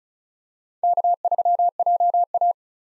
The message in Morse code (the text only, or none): K3JA